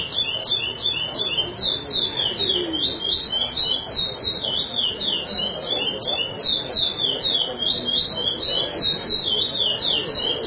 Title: Canto De Curio